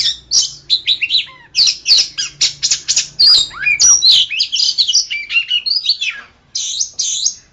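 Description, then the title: Oriental magpie-robin giving a fast, scratchy and whistled song mixing harsh notes with fluty slurs, with a faint low hum underneath. "Kacer"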